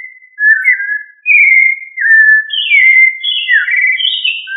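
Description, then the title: Thrush giving drawn-out whistled notes, first steady and falling, then higher, wavering phrases and a sharp dip near the end; no other sounds heard. "Familia Turdidae - Sabia"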